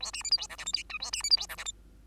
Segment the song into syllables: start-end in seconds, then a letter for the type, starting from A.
0.00-0.11 A, 0.13-0.23 B, 0.23-0.30 C, 0.31-0.37 D, 0.37-0.47 E, 0.49-0.57 F, 0.58-0.65 G, 0.65-0.73 H, 0.73-0.83 I, 0.89-0.98 J, 1.00-1.11 A, 1.12-1.23 B, 1.23-1.30 C, 1.30-1.36 D, 1.37-1.47 E, 1.49-1.56 F, 1.57-1.64 G, 1.65-1.72 H